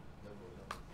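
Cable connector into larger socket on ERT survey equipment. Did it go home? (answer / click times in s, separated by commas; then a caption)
yes / 0.7 s. A survey cable connector is lined up with the larger socket on ERT survey equipment and carefully twisted in. A single sharp click is heard at 0.7 s over a low background, showing the connector is properly seated and connected.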